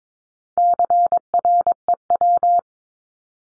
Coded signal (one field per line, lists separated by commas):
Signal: Morse code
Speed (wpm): 22 wpm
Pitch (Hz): 700 Hz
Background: none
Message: CREW